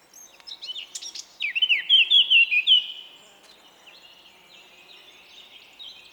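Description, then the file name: Eurasian blackcap singing, with soft chattering notes building into a bright, rich, whistled flourish, followed by quieter trailing warbles. "Sylvia atricapilla"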